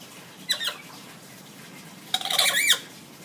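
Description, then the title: Hill myna making two harsh, rasping bursts: a short one, then after a pause a longer, noisier one. Hill myna singing actively (gacor); the recording is meant as a tutor (masteran) for training other birds. "Suara Burung Beo Gacor Cocok Untuk Masteran"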